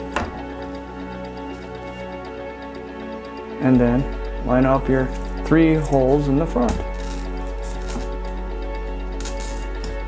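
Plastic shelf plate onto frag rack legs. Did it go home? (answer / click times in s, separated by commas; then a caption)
no / none. A plastic shelf plate of a 27x27x16 custom snap frag rack for a tank has its holes lined up over the leg pegs and is pressed down while someone talks and music plays underneath. Several sharp hits are heard. The shelf has not snapped home onto the legs yet; nothing has seated.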